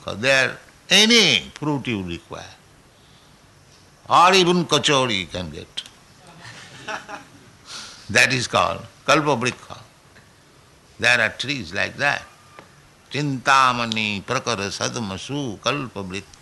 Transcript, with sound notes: There any fruit you require, or even kacaurī, you can get. [laughter] That is called kalpa-vṛkṣa. There are trees like that. Cintāmaṇi-prakara-sadmasu kalpa-vṛkṣa.